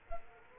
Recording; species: mosquito wingbeat signal from an infrared sensor; Culex quinquefasciatus